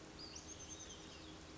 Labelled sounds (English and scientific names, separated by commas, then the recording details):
Olive-sided Flycatcher (Contopus cooperi)
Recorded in Sonoma County, California